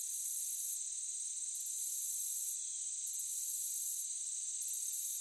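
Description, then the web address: Crickets: a dense, high, continuous chorus that swells at regular intervals, with no other clear sounds. Meadow ambience. "Blastwave AMBIENCE Meadow Crickets"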